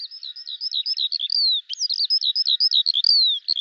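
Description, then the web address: Bird giving a fast, jumbled high warble of chirps with a couple of long descending whistled slurs, almost without pause. "Deverinetal 2025 File cleaned normalized Bird Al Ar"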